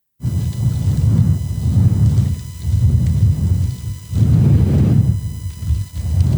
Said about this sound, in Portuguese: Puta ventania.